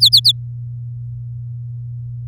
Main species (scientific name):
Serinus canaria